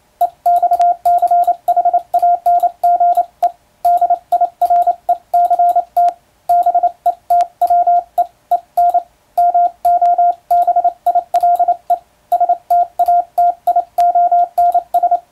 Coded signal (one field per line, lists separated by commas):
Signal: Morse code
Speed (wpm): 28 wpm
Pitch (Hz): 700 Hz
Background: radio noise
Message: EXCHANGE DIRECT BETWEEN MOBILE STATIONS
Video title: モールスを聞こう！昔はよく聞いた懐かしい音だねぇ！エレキーで打つ欧文モールス符号！機械を使うと早くモールス信号を送れます！YouTubeの速度を調整して聴こう morse code practice